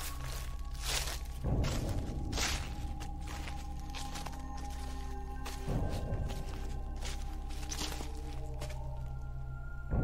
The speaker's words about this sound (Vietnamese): Trong lúc lờ đờ vì buồn ngủ thì Trâm lại nghe có tiếng bước chân lộp cộp ở bên ngoài vọng vào, đồng thời những tiếng lục cục giống như hồi nãy có người đàn bà cụt chân đang nhảy cũng lại vang lên.